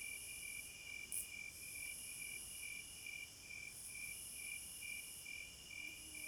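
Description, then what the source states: Cricket chorus with rapid regular pulses and a sustained high hiss-like band, a short higher note briefly standing out near the one-second mark. Night forest ambience, described as a midnight concert.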